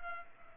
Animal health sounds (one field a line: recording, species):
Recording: mosquito wingbeat signal from an infrared sensor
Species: Culex pipiens